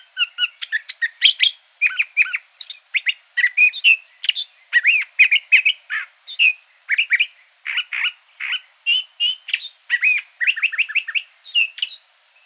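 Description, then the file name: Curve-billed thrasher delivering a long, energetic string of chirps and warbled slurs, several notes given in quick repeated pairs, barely pausing throughout. Arizona. "CBTH 8 Deviche"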